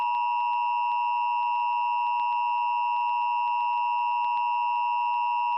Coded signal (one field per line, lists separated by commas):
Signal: Emergency Alert System (SAME) tones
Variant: 853 and 960 Hz attention tone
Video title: EAS - Tornado Warning: Memphis, TN (4/26/11) [Remastered]